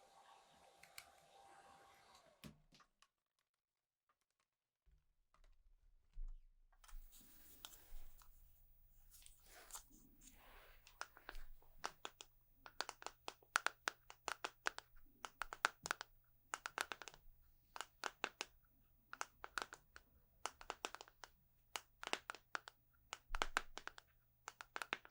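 A haircut session: a brief murmur with a faint tone opens, then a few seconds of silence. From about seven seconds a low, steady hum sets in, while sharp, crisp clicks like scissor snips come rapidly and irregularly until the end.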